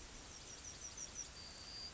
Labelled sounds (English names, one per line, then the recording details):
Yellowhammer song
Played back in grassland
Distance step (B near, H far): F
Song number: 153